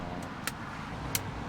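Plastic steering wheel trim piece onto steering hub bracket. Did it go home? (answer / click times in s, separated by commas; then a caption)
yes / 0.5 s, 1.2 s. A plastic steering wheel trim piece with guide pins is pressed carefully onto the steering hub bracket during a heated yoke install, over a steady low background noise. Two short, sharp plastic clicks sound at 0.5 s and 1.2 s as the piece snaps onto its guide pins and seats.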